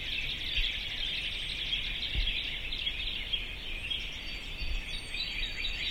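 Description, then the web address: Birds keep up a constant wash of high chirping, blurred and overlapping, with a few low bumps in the background. "sounds djk sounds birds 0645 040905"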